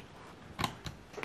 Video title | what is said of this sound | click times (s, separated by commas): 2012 Macbook Pro RAM and HDD upgrade in 2020 | put it back in that's it you hear the click | 0.6 s, 1.2 s